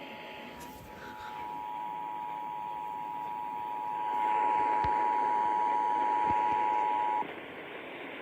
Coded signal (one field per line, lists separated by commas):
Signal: Emergency Alert System (SAME) tones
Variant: 853 and 960 Hz attention tone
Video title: Ohio Required Monthly Tests (EAS #436-439)